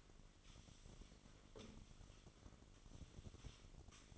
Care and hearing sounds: daily activity, microphone in the room; sweep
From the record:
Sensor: 4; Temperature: 27.1 degrees Celsius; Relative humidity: 35.2%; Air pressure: 1003.9 hPa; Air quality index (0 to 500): 149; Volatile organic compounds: 2 ppm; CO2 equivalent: 1064 ppm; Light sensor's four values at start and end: 16/38/16/17 and 16/38/16/17

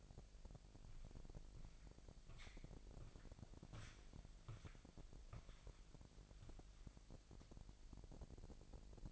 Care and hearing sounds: daily activity, microphone in the room; walk to room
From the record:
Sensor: 5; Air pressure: 1002.1 hPa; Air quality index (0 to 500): 248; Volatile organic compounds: 7 ppm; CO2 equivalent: 2021 ppm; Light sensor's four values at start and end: 31/73/30/31 and 30/70/29/30

